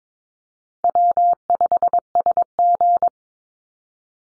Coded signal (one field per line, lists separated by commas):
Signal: Morse code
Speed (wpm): 22 wpm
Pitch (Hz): 700 Hz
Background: none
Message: W5SG